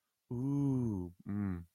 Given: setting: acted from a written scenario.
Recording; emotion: vocal sound without words; realization